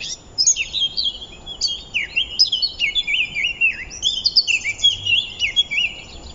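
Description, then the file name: Eurasian blackcap song, phrases of quick warbled notes with downward-slurred whistles, repeated back to back throughout. "Sylvia atricapilla"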